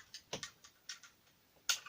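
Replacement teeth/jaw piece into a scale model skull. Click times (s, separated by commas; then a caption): 1.7 s. A plastic replacement jaw and teeth assembly is flicked back into position on the scale model skull of a Terminator partwork model head. Several small, light ticks come first, then the piece snaps home with a sharp, louder click at 1.7 s. The jaw is seated in place.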